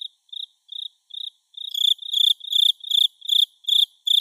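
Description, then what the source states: Cricket: a few quiet chirps, then louder, fuller chirps taking over, all at a steady pace. Natsu-no-tsuzuresase cricket, recorded in summer.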